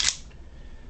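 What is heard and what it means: A metal magazine is reinserted into the grip's magazine well of a Ruger Mark III .22 pistol during a reassembly check, since the pistol will not fire without it and the firing pin must be tested. One sharp, bright snap at 0.1 s marks the magazine seating, followed by a low, quiet background hum. The magazine is seated.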